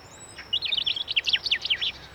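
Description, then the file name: European robin giving one rapid string of high, thin, slurred notes lasting about a second and a half. "Erithacus rubecula"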